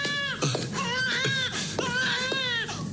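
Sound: newborn baby crying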